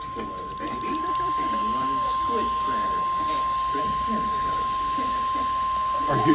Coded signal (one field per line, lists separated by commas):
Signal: Emergency Alert System (SAME) tones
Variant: 1050 Hz attention tone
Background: speech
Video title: SoCal Flooding EAS Activations | NOAA Weather Radio KWO37 (2/4-5/24)